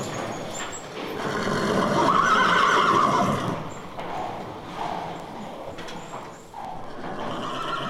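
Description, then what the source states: Horse whinnying: a long, loud, quavering neigh over the first half, followed by shorter whinnies and snorts, with faint knocking between. Horses neighing in stalls.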